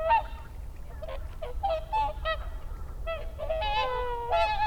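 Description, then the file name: Whooper swan calls in a short burst: bugling honks from several birds at once, with low background rumble. Recorded 30 December 2009. "20091230 oohakutyo"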